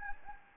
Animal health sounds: mosquito wingbeat signal from an infrared sensor; Anopheles gambiae

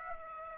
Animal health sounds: mosquito wingbeat signal from an infrared sensor; Aedes aegypti

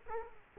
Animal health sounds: mosquito wingbeat signal from an infrared sensor; Culex quinquefasciatus

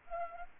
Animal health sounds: mosquito wingbeat signal from an infrared sensor; Anopheles arabiensis

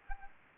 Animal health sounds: mosquito wingbeat signal from an infrared sensor; Anopheles arabiensis

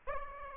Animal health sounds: mosquito wingbeat signal from an infrared sensor; Aedes aegypti

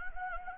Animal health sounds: mosquito wingbeat signal from an infrared sensor; Anopheles gambiae

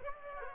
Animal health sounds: mosquito wingbeat signal from an infrared sensor; Aedes aegypti

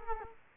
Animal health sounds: mosquito wingbeat signal from an infrared sensor; Culex quinquefasciatus

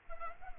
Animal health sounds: mosquito wingbeat signal from an infrared sensor; Culex pipiens

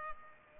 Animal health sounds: mosquito wingbeat signal from an infrared sensor; Culex pipiens

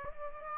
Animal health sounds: mosquito wingbeat signal from an infrared sensor; Aedes aegypti

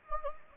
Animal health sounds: mosquito wingbeat signal from an infrared sensor; Anopheles gambiae

